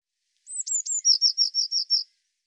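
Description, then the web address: Eurasian blue tit calling: high thin tsee notes with sharp downward flicks, then a rapid series of about six buzzy churring notes, quiet background. "cianscape birddata Deverinetal 2025 File cleaned normalized Bird Cy Ca"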